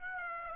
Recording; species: mosquito wingbeat signal from an infrared sensor; Aedes aegypti